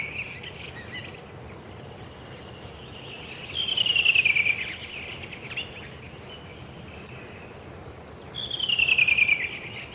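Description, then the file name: Redwing singing two short descending trilled phrases about five seconds apart, with faint twittering between them and constant low hiss. "drozd belobrovik"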